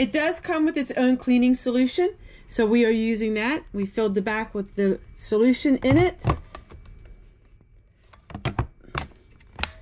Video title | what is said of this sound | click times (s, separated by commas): Less Money More Creativity-Mobile Home REDUCED Living | that snapped right into place | 9.6 s